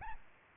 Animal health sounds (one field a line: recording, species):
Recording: mosquito wingbeat signal from an infrared sensor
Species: Aedes albopictus